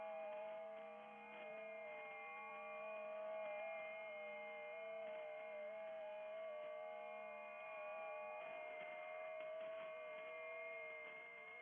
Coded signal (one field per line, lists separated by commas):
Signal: FT8